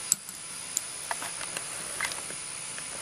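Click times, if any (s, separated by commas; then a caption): 0.1 s. A rubber spark plug wire boot is pressed onto the terminal of a new spark plug on a Husqvarna yard tractor. It snaps on with a sharp click at 0.1 s, followed by fainter clicks at 0.8, 1.1 and 1.6 s over a steady background hiss. The boot is seated on the plug.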